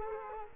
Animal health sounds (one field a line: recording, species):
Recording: mosquito wingbeat signal from an infrared sensor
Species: Culex quinquefasciatus